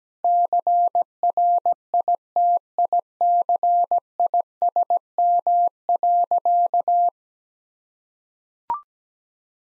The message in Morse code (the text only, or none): CRITICISM.